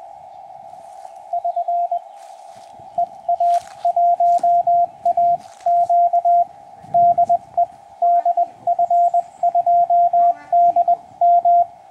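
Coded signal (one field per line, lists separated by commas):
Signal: Morse code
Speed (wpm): 20 wpm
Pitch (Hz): 700 Hz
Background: radio noise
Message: <SN> EA1AQ DE DF2DM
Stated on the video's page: CW QSO on a Yaesu FT-897D running internal batteries with a solar panel, 2.4 m Clansman military whip antenna.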